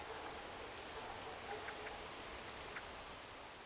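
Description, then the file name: European robin producing a quick pair of sharp, high ticks and then a single tick after a pause, over faint steady hiss. "Erithacus rubecula"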